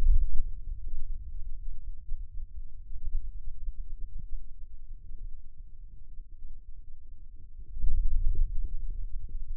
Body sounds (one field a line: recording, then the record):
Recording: forearm muscle sounds (acoustic myography)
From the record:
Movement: radial deviation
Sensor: system 2, bracelet of six BSWA MPA416 microphones around the upper forearm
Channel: 1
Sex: male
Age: 22 years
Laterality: right